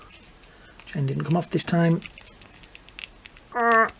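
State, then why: Not seated. A swap head is handled at the plastic neck peg of a NECA Friday the 13th Part 7 Ultimate Jason Voorhees action figure, with someone talking and brief soft plastic taps and rustles between the words. The clip ends before the head goes home; nothing has seated or clicked onto the peg yet.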